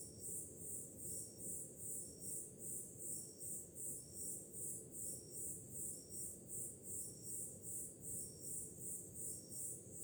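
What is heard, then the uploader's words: Crickets and cicadas trill high and bright in a steady, regular pulse, about two beats each second, over a constant low wash of ocean surf. The night chorus stays even throughout, with the deep rumble of the waves filling the background. Grilos, cigarras e oceano para relaxamento profundo - Crickets, cicadas and waves. Som do mar ao fundo, grilos e cigarras em uma noite de verão – Ocean, crickets and cicadas in a summer night.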